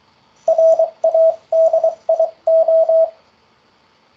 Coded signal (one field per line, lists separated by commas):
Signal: Morse code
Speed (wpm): 23 wpm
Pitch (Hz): 650 Hz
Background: radio noise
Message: RADIO